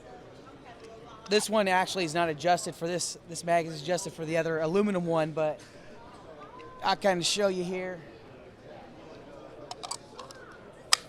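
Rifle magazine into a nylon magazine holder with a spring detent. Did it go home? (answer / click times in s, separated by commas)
yes / 10.9 s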